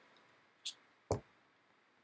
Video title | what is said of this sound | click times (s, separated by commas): Nahual Genesis Atomizer by Urquidezj Review | perfect little click in no Wiggles it is perfect | 1.1 s